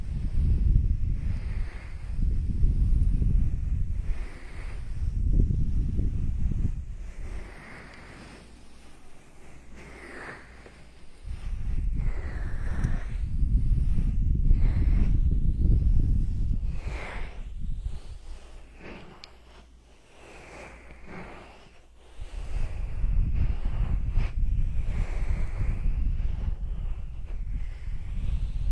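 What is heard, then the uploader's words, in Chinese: Hand massage, heard as deep rubbing and brushing that swells in long loud stretches, roughly 0–6, 11–17 and 22–29 seconds. Quieter gaps between carry soft strokes and scattered light taps and clicks, with a faint steady hiss underneath. 手部按摩3（声控助眠）。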